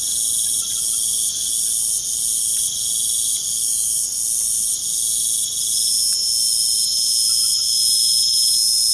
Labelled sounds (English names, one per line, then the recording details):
none
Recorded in pastures near Puerto Asís, Putumayo, Colombia, on 30 June 2025 at 22:30
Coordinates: 0.497, -76.327
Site G040